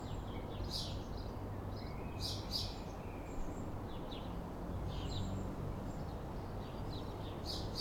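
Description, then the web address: Sparrows giving scattered short chirps with pauses between bursts, set against a continuous low traffic drone. Town street on a calm afternoon, with traffic. "Systematic-Sound - General Ambience Series – Towns Villages 01 AMB TOWN Street Calm Afternoon Sparrows Traffic"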